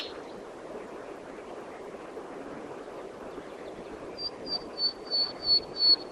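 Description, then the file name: Common nightingale song: after a quiet spell, six high piping notes repeated steadily and growing louder. "Luscinia megarhynchos"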